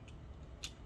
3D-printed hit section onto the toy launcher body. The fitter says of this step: and push it on it should click into place nicely locking the whole section together